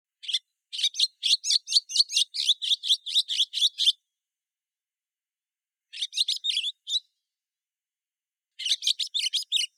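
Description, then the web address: Chestnut-cheeked starling calls: rapid series of harsh chirps in three bouts, separated by pauses. "komukudori"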